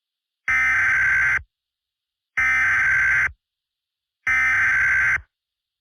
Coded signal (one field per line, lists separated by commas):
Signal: Emergency Alert System (SAME) tones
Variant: header bursts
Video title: IN THE PRAIRIE [a gmod EAS scenario recreation]